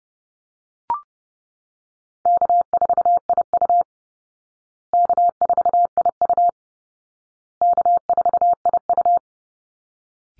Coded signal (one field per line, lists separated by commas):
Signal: Morse code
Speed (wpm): 30 wpm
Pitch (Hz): 700 Hz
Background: none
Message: K4IU K4IU K4IU